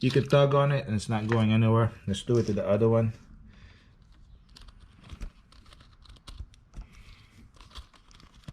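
Someone talks for about three seconds, then handles a second plastic wiring harness plug at an engine sensor connector, producing faint crinkling and small sharp ticks near 4.6, 5.1, 5.2, 6.3 and 7.6 seconds. The plug is being pushed onto its connector, but nothing has seated or clicked yet.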